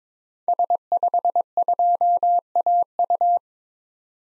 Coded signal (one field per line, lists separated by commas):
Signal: Morse code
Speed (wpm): 22 wpm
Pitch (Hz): 700 Hz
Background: none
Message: S52AU